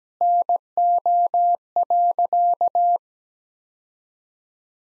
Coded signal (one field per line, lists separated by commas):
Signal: Morse code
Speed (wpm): 17 wpm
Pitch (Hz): 700 Hz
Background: none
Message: NO.